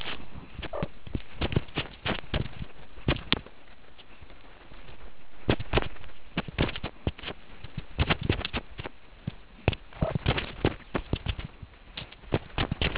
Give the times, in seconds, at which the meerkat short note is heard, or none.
none